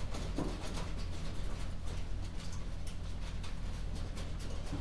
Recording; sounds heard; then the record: poultry house recording; no chicken sound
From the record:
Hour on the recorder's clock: 22